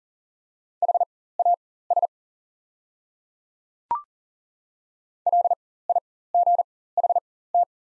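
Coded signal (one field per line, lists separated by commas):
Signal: Morse code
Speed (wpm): 40 wpm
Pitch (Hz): 700 Hz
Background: none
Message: HAS LIGHT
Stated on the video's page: Morse practice of the top 200 words at 40wpm with 4x character spacing, Farnsworth-style timing for learners.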